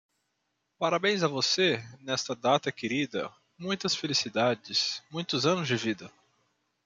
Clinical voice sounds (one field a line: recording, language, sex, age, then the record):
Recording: short text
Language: Brazilian Portuguese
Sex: male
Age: 20 to 29 years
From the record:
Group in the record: control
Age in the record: 26 years